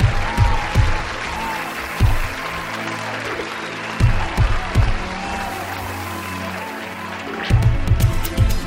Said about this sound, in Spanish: Ponemos reidores, gente que aplauda y arranca el programa.